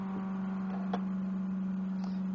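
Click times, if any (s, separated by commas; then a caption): 0.9 s. A 10-inch compound miter saw head is pushed all the way up and held until the arm latches in its up-position lock, with a steady low hum throughout. A single short click at 0.9 s marks the arm locking into place.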